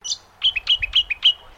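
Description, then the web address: Brown honeyeater call: a quick run of about eight sharp, bright chirps within a little over one second, against a quiet background. "Sound Effects-Foundation 1 BIRD BROWN HONEY EATER CALL"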